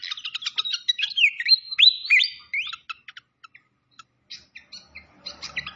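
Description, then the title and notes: Malaysian pied fantail song: quick squeaky chirps and rising-falling whistles that thin out into scattered single notes, then resume briefly. Training (masteran) song with a clear voice, mixed with the sound of gurgling water. "Masteran Sikatan Kipas Suara Jernih Dan Suara Gemericik Air. Suara Burung Sikatan Londo"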